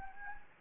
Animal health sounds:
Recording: mosquito wingbeat signal from an infrared sensor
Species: Anopheles gambiae

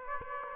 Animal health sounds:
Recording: mosquito wingbeat signal from an infrared sensor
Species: Aedes aegypti

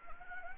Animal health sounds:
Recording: mosquito wingbeat signal from an infrared sensor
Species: Anopheles gambiae

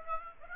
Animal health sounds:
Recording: mosquito wingbeat signal from an infrared sensor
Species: Aedes aegypti

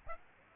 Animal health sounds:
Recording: mosquito wingbeat signal from an infrared sensor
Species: Aedes aegypti

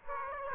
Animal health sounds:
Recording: mosquito wingbeat signal from an infrared sensor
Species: Aedes aegypti

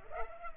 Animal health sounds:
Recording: mosquito wingbeat signal from an infrared sensor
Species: Culex pipiens

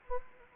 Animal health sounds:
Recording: mosquito wingbeat signal from an infrared sensor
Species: Anopheles gambiae

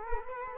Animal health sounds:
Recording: mosquito wingbeat signal from an infrared sensor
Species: Culex quinquefasciatus

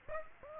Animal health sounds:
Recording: mosquito wingbeat signal from an infrared sensor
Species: Aedes aegypti

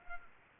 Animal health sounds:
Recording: mosquito wingbeat signal from an infrared sensor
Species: Culex pipiens

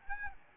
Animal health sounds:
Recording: mosquito wingbeat signal from an infrared sensor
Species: Aedes albopictus

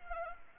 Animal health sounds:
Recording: mosquito wingbeat signal from an infrared sensor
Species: Anopheles arabiensis

